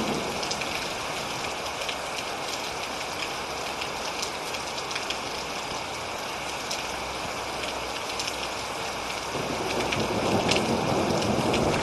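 Heavy, steady rain hisses, a dense wash of drops with fine crackling patters on top. Past the nine-second mark the downpour thickens and grows louder, filling in a fuller, rougher roar beneath the bright hiss.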